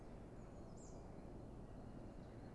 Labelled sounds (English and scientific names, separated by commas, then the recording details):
Eurasian Blue Tit (Cyanistes caeruleus)
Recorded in Germany
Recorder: ecoPi